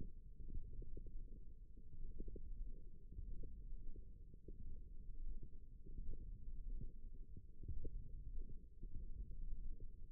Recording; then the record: forearm muscle sounds (acoustic myography)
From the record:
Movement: finger pinch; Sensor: system 1, eight BSWA MPA416 microphones around the upper forearm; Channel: 2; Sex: female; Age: 22 years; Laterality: right